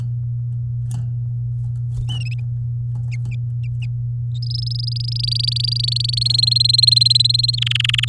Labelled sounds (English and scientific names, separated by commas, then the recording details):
Domestic Canary (Serinus canaria) song
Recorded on 9 May 2018 at 10:41
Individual llb16